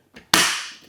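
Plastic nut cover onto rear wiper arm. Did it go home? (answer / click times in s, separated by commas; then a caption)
yes / 0.3 s. A plastic nut cover is spread slightly and pressed back over the nut on an SUV's rear wiper arm. A soft tap at 0.2 s is followed by a sharp, loud snap at 0.3 s that rings out and fades. The cover snaps into place and is seated.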